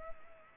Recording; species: mosquito wingbeat signal from an infrared sensor; Culex pipiens